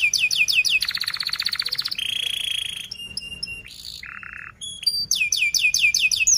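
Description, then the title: Canary song shifting through repeated slurred whistles, a rapid trill, a steady buzzy tone, short high notes and a low rattle, then more quick slurred whistles. Canary song used as a lure to teach young canaries to sing; described as a fast, dense 'cuit cuit' style song. "Kenari Gacor Speed RAPAT Cuit Cuit Ngero L Suara Bagus Untuk Pancingan Kenari Paud Belajar Bunyi"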